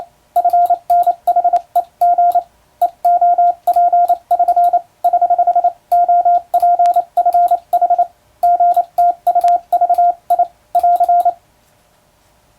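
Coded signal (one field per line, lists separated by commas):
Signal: Morse code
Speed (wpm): 28 wpm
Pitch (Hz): 700 Hz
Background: radio noise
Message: FNHEG EOP<SN> <HH> OPFH GTUVI <AR>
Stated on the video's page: Morse sending practice on a telegraph key, using a European-language telegram sending practice book.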